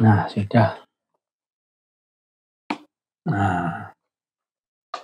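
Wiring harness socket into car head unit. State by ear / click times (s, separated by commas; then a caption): seated / 4.9 s. A plastic wiring harness socket is pushed into the back of a 9-inch Android head unit for a 2017 BR-V, and it seats with a sharp click at 4.9 s. Someone talks before the click, and there is also a brief sharp sound at 2.7 s.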